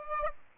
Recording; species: mosquito wingbeat signal from an infrared sensor; Aedes aegypti